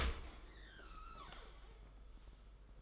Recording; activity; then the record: daily activity, microphone in the room; open dishwasher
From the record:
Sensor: 5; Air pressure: 991.5 hPa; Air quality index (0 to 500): 117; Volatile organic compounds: 37 ppm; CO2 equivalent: 3104 ppm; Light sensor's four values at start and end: 39/124/47/50 and 40/126/48/51